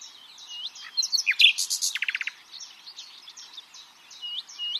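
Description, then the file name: Common nightingale song: a cluster of loud sharp notes, a fast rattle of short repeated notes, then soft scattered twitters and whistles. "Luscinia megarhynchos"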